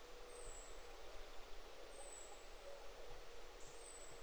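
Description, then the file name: Common chaffinch calling: a thin, very high whistle sliding slightly downward, repeated about every one and a half seconds over a constant low rumbling hum. "Fringilla coelebs"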